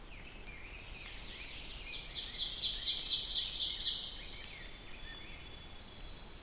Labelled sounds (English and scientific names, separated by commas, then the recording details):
Ovenbird (Seiurus aurocapilla) song
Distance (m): 35 m
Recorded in boreal forest in Alberta, Canada, on 2 June 2016 at 07:00
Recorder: SongMeter 3, array SBT-3-7
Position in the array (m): 45 m, 157 m
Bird 4